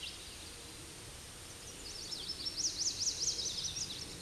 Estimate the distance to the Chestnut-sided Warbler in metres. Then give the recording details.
about 15 m. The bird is about 5 m below the microphone. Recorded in a Pennsylvania forest on 16 May 2024 at 08:50. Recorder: AudioMoth, point MSD-2163. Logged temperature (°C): 16.1 °C. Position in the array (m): 167 m, 126 m